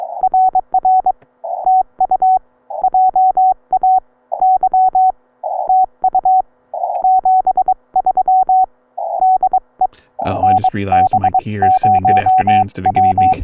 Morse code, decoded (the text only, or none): RR TU JAY TU 73 DE NB0W